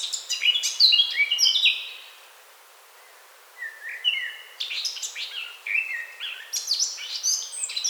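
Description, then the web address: Eurasian blackcap song: a bright warbled phrase, a short silence, then a second phrase of twittering notes with clear fluted whistles mixed in. "SETE Sylvia atricapilla"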